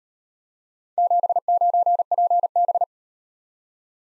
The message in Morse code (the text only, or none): 79PB